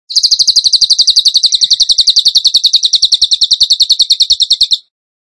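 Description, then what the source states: Bird singing a long, even, high-pitched trill of rapid repeated notes, lasting nearly five seconds before stopping abruptly. Masteran (training recording) song in the 'tembakan gacor' style, used to train other birds.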